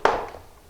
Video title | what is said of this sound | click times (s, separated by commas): MyStudio AL2 Accent Light - Setup and Assembly | kind of Click into place | 0.1 s